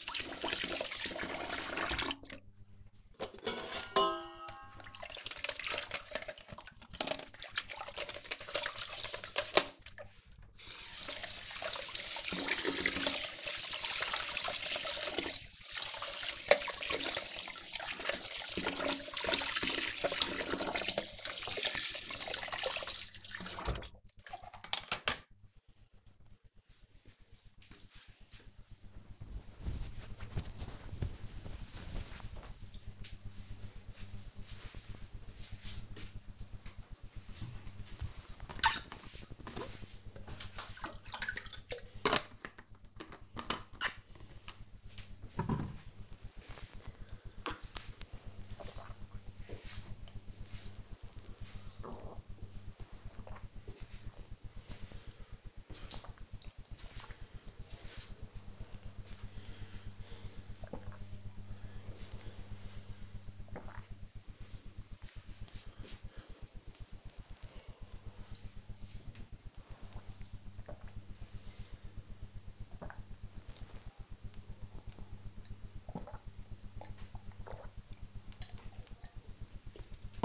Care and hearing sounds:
household activities, microphone on the right wrist
0.00-23.72 s: washing dishes
35.81-80.09 s: drinking

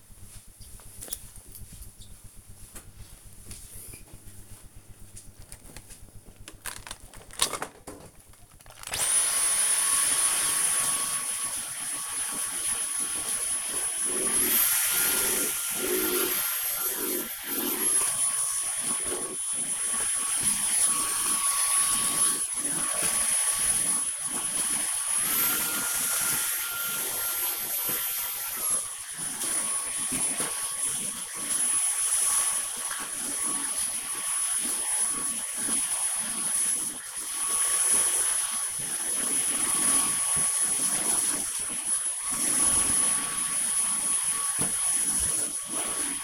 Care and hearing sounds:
household activities, microphone on the right wrist
6.17-46.24 s: vacuum cleaning

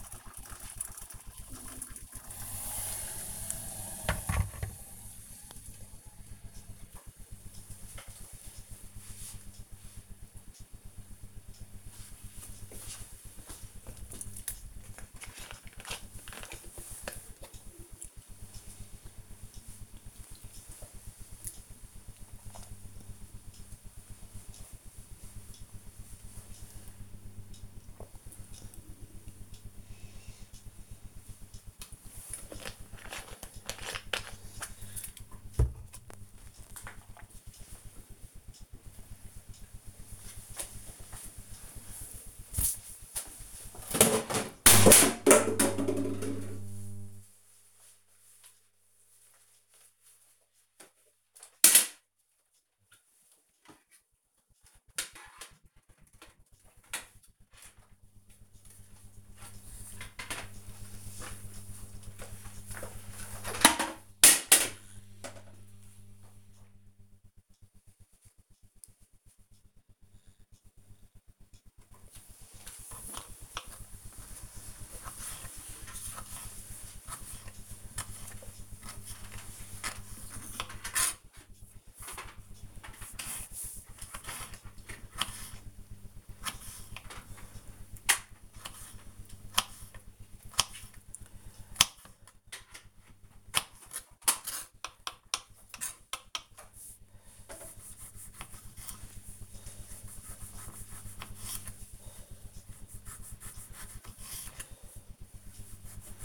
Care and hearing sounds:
household activities, microphone on the right wrist
0.00-6.04 s: making tea
15.08-34.22 s: drinking
71.43-106.25 s: cutting vegetables

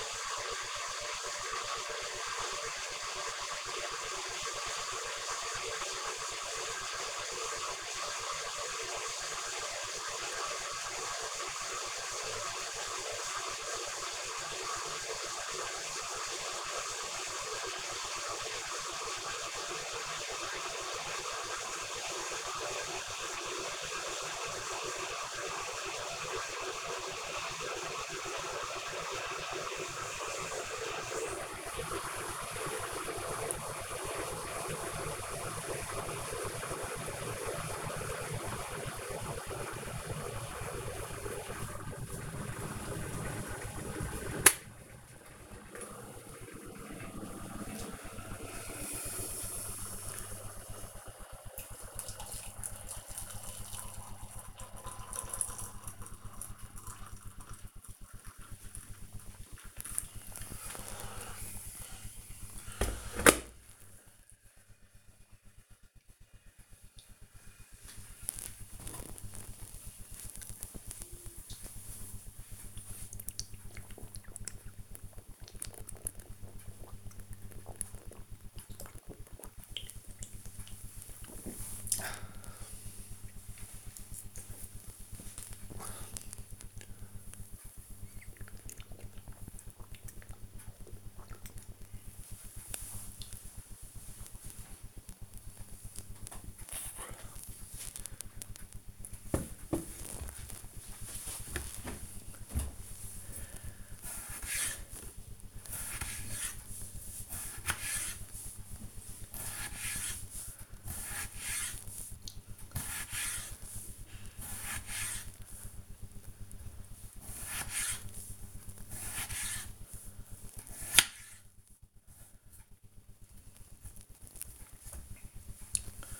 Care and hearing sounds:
household activities, microphone on the right wrist
0.00-62.49 s: making tea
67.52-95.65 s: drinking
101.68-126.20 s: cutting vegetables

